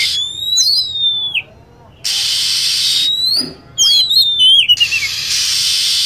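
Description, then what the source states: Lovebird calls, a string of high squeaky chirps and falling whistled sweeps, broken by long blocks of harsh hissing noise. Lure call for attracting lovebirds.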